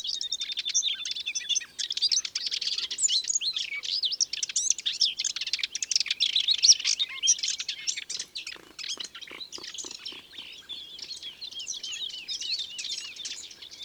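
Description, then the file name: Common whitethroat song, a fast scratchy warble of high chattering notes running almost without pause, with brief quieter gaps between bursts. "Fauvette grisette ABC des chants doiseaux"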